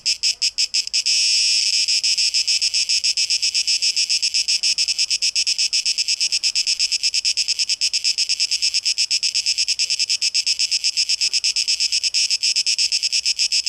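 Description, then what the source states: Cicada song opening with a few quick pulses, then settling into a nearly continuous shrill buzz with faint flutter. Recorded 12 August 2023.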